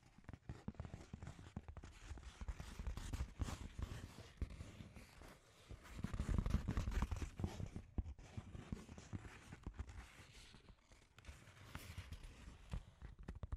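Scratchy tapping runs through the whole recording, a dense stream of quick, irregular knocks and scrapes with a low thudding weight underneath. The activity swells around six to seven seconds and again near twelve, dipping briefly between, with no steady rhythm.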